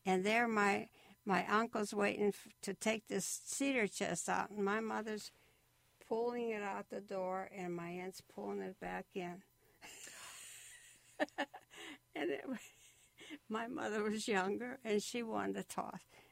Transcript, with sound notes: And there my --my uncle's waiting to take this cedar chest out and my mother's pulling it out the door and my aunt's pulling it back in. (Laughs) And my mother was younger and she won the toss.